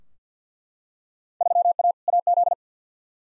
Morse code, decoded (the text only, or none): 3A AZ